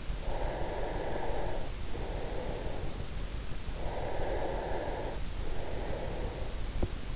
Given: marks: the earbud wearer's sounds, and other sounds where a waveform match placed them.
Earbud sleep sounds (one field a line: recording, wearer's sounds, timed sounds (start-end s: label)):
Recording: sounds in sleep by an in-ear microphone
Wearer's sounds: breath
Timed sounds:
0.00-3.14 s: breath
3.78-6.83 s: breath